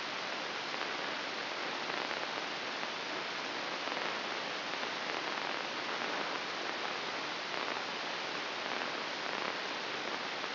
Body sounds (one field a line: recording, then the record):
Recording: brain microelectrode recording played as sound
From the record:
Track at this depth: inside the subthalamic nucleus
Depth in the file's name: 3.144 mm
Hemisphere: right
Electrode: 2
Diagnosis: Parkinson's disease